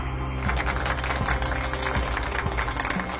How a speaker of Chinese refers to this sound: 台下再次响起掌声